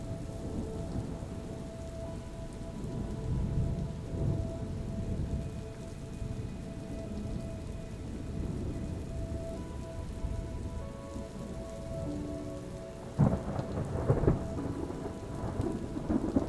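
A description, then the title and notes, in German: Thunder rumbles low and continuously under steady rain, joined by soft, sustained music notes that hold and shift gently from about two seconds on. Around thirteen and fourteen seconds, sharper, louder cracks break through before the rumble settles again. Klang des DONNERS und Entspannender MUSIK. Donnerklangs, kombiniert mit der Zartheit der entspannenden Musik.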